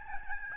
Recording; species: mosquito wingbeat signal from an infrared sensor; Aedes albopictus